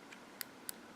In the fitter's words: see what I mean you click little